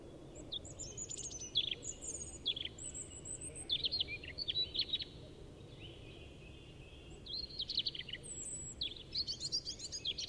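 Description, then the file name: European robin song: high, thin whistles and rapid trilled notes in varied phrases with short gaps, against a steady low hum of background noise. "Erithacus rubecula"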